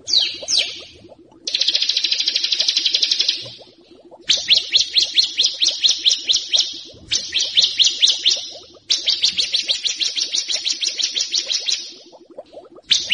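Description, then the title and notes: Prinia song: repeated bursts of fast, buzzy, high-pitched trills, each lasting a few seconds with short pauses between, over faint low pulsing. Compilation of songs used for training songbirds (masteran). "Kompilasi Suara Ciblek Prenjak Cocok Untuk Masteran. Kicau Burung Prenjak Ciblek"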